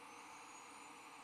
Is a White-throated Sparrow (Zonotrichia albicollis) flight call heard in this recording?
no